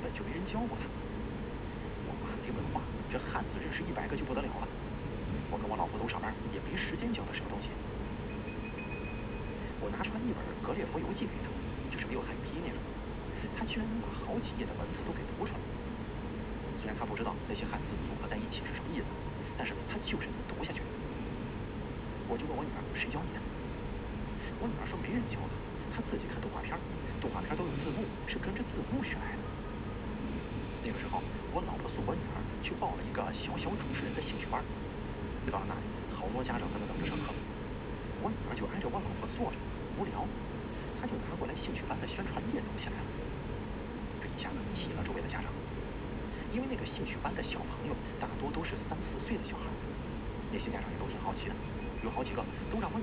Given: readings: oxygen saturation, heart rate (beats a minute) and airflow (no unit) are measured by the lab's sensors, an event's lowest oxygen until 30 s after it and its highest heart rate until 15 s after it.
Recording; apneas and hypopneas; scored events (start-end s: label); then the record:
breathing in sleep by a voice recorder at the bedside; 1
9.00-38.50 s: hypopnea (N2, oxygen 95% highest, then 93% lowest)
27.00-53.03 s: new sleep stage, N1 (lightest sleep)
From the record:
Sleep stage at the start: N2 (light sleep); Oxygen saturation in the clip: 93 to 95%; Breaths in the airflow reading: 17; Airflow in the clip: -1.9 to 2.7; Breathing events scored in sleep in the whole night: 335 in 6.7 hours asleep